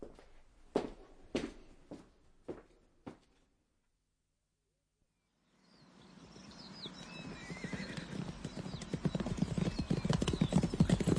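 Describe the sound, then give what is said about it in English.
Five sharp hoof clops from Carnaby's horse ring out in an even rhythm, then silence, followed by a dense, rising wash of rumbling, clattering movement with faint high squeaks. “Whose horse is that?”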